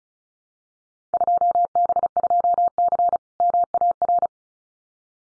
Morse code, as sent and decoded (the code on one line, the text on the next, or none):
..--- -... ..--- -.-. / -- .- .-.
2B2C MAR